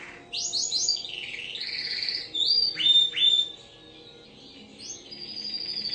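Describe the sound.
Bird song with sweeping upslurred notes and warbling phrases, a short pause, then softer high whistles.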